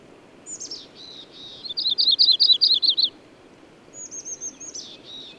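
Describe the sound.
Bird singing soft, slurred high notes, then a loud, rapid chattering run of about eight notes, then another quieter phrase.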